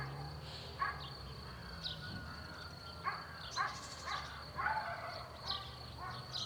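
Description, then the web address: Birds calling: several loud bursts mixed with smaller chirps, a faint long whistle and a steady high background tone. Morning chorus in a rural countryside zone; quad four-channel recording. "Sonniss com - GDC 2019-Game Audio Bundle Borys Peter - Rural zone countryside bird morning chorus"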